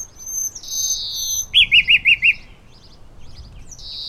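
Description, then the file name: Common nightingale song phrase: a long high steady whistle, then five loud, clear notes repeated rapidly, followed by faint scattered notes and another high whistle. "Luscinia megarhynchos"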